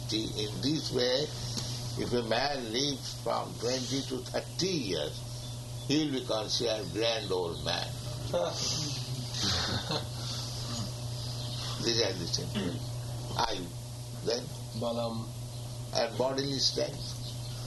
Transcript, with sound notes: In this way, if a man lives from twenty to thirty years he will be considered grand old man. [laughter] These are the symptoms, āyur. Then?
Balam.
And bodily strength.